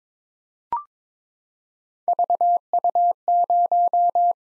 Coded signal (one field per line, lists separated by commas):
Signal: Morse code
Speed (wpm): 22 wpm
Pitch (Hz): 700 Hz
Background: none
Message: VU0